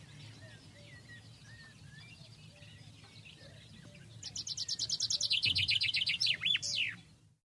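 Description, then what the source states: Common chaffinch song, one fast trill ending in a sharp flourish, after soft scattered chirps. Chaffinches start singing again in February; the song gives a feeling of spring.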